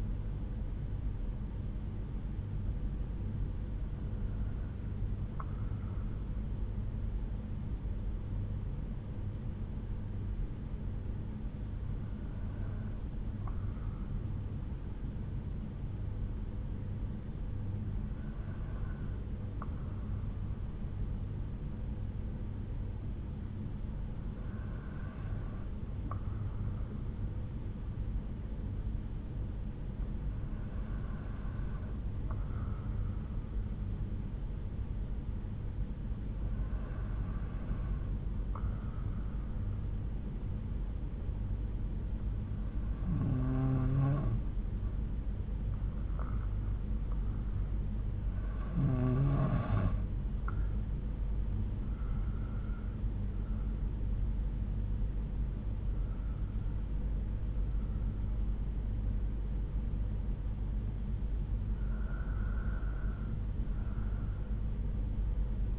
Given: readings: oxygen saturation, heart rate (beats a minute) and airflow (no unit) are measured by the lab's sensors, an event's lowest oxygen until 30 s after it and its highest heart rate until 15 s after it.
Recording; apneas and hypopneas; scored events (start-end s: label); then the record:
breathing in sleep by a smartphone at the bedside; 1
3.00-49.10 s: hypopnea (N2, oxygen 95% highest, then 92% lowest)
From the record:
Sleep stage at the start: N2 (light sleep); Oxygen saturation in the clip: 92 to 95%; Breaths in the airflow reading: 11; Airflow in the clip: -6.0 to 7.2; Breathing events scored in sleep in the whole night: 368 in 8.0 hours asleep